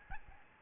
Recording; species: mosquito wingbeat signal from an infrared sensor; Aedes albopictus